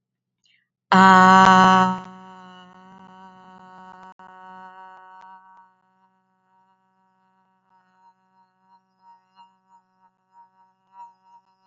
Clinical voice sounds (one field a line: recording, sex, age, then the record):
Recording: vowel held as long as possible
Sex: female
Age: 20 to 29 years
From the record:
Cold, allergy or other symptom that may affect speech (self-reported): no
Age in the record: 29 years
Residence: California, United States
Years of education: 13